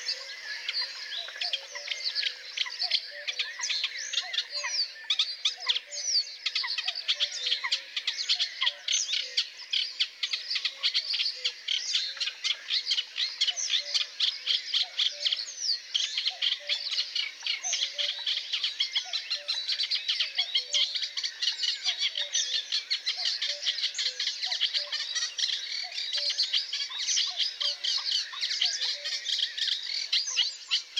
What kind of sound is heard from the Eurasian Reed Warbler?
song